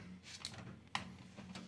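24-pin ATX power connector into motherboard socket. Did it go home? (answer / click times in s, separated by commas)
yes / 1.0 s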